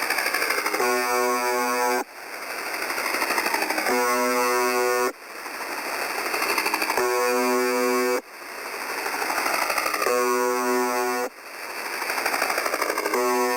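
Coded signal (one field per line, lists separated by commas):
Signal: channel marker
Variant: UVB-76 (The Buzzer)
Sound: harsh low buzz about one second long, repeating roughly every three seconds, five times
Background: radio static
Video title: 4625.00 Khz - UVB 76 - MDZhb - Strange Sound - Sonido Extraño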